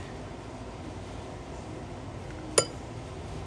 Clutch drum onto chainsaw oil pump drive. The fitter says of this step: just like that it makes that little noise now you're all the way home on the oiler